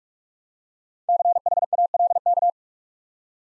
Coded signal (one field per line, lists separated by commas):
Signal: Morse code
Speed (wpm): 44 wpm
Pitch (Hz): 700 Hz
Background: none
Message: CHALK